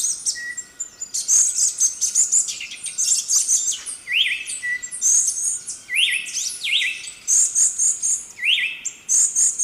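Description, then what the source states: Ochre-breasted tanager calls: sharp upslurred notes rising and then levelling off, given in short runs, over a busy layer of high chattering and buzzy bird notes. Ecuador.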